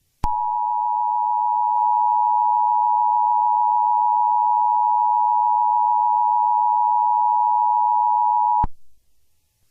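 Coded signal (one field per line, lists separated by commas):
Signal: Emergency Alert System (SAME) tones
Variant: 853 and 960 Hz attention tone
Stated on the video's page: Fictional EAS scenario, not a real alert.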